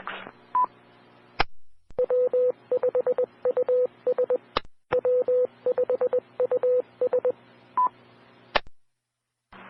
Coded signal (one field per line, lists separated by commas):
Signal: Morse code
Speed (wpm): 20 wpm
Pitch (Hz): 500 Hz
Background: none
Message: W5US W5US